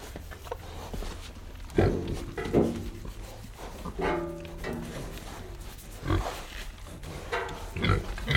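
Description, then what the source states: Pig giving irregular grunts and a few drawn-out nasal oinks. Pig heard on a farm.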